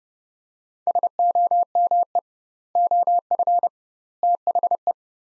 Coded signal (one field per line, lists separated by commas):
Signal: Morse code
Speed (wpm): 30 wpm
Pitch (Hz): 700 Hz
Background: none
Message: SOME OF THE